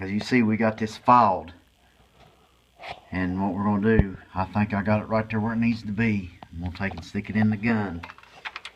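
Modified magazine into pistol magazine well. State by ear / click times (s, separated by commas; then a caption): not seated / none. A hand-filed, modified magazine is handled for insertion into the magazine well of a Ruger P95 pistol while someone talks. A few short, sharp clicks are heard near the end at about 8.5, 8.6 and 8.7 seconds. The magazine has not yet gone home, and nothing has seated or clicked into place yet.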